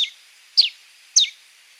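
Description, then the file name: Helmeted manakin song: three bright, sharply falling high notes, evenly spaced, clean and loud against a quiet background. "Canto do soldado de crista vermelha"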